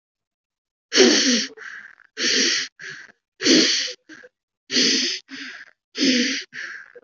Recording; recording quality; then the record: shallow breathing; excellent, no background noise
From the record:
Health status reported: exposed to COVID-19, no respiratory illness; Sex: male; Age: 19 years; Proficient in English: yes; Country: India